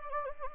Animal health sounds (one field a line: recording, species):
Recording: mosquito wingbeat signal from an infrared sensor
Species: Anopheles gambiae